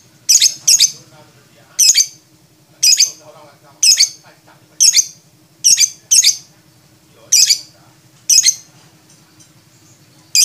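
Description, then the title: Lovebird giving loud shrill squeaks about once a second, some doubled, over a faint low hum. Champion lovebird with a clear voice; masteran recording used for training other songbirds. "MASTERAN BURUNG 2. Kicau Suara Burung Lovebird Juara Suara Bening"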